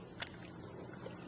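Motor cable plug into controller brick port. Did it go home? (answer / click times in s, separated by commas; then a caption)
yes / 0.2 s. A robot motor cable plug, tab facing the cutout side, is pushed into port B of a controller brick and clicks sharply at 0.2 s, with a fainter tick just after at 0.3 s. A steady low hum and hiss run underneath, and the plug is seated.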